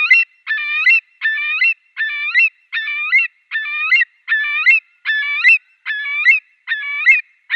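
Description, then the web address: Eurasian curlew calls: a steady series of harsh two-part notes repeated a little faster than once a second, with no other sounds. "Schulze Peter Eurasian Curlew calls"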